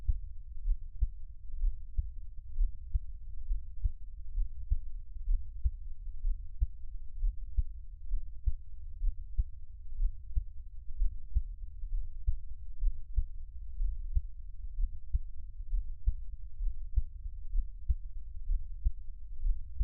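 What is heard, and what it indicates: A normal adult heartbeat heard up close, with no talking.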